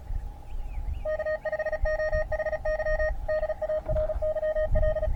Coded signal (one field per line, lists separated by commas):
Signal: Morse code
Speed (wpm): 36 wpm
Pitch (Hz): 620 Hz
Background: none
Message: K5OHY DARYL